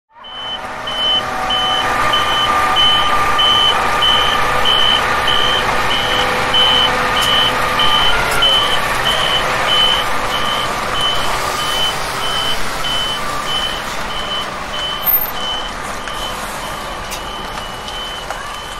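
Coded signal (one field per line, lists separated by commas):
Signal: alarm pattern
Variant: vehicle reversing beeper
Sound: steady repeating high beeps, about one and a half per second, over engine rumble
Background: vehicle engine noise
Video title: Vehicle Revering Beeps / Free Sounds / #copyrightfree / [ Copyright Free Vehicles & City Sounds ]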